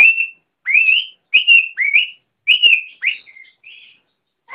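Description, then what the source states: Oriental magpie-robin whistles: clear, mostly rising whistled notes repeated with short gaps, the last ones quieter. Magpie-robin chirping.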